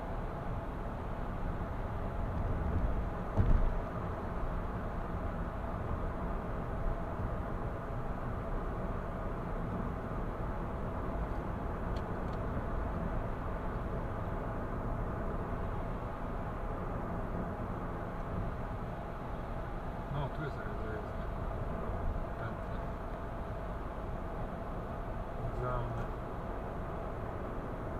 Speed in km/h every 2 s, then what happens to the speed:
77, 78, 78, 77, 77, 77, 78, 78, 78, 77, 75, 74, 74, 75.
0-28 steady at about 77.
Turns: none.